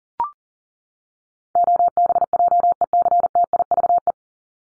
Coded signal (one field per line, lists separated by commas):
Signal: Morse code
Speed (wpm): 40 wpm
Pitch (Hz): 700 Hz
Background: none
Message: OBJECTIVE